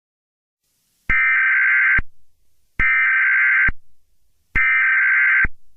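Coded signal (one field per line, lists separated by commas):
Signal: Emergency Alert System (SAME) tones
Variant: header bursts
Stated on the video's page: Fictional EAS scenario, not a real broadcast alert.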